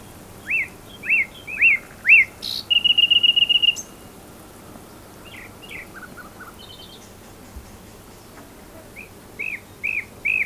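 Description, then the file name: Common nightingale singing: four short whistled notes, a rapid rattling trill, then quiet pauses broken by soft notes and a few more whistles. "Luscinia megarhynchos"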